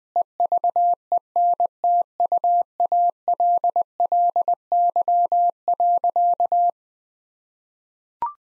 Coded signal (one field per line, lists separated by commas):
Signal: Morse code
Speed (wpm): 19 wpm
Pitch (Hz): 700 Hz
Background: none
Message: EVENTUALLY.